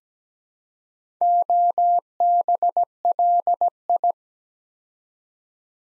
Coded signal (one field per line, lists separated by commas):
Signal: Morse code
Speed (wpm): 17 wpm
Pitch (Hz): 700 Hz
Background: none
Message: OBLI